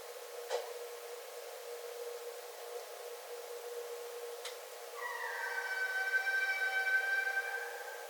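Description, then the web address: Red fox giving one long, steady, nasal wail after five quiet seconds that hold two sharp clicks; faint steady hiss throughout. Recorded 9 December 2011. "Red Fox 2011 12 09"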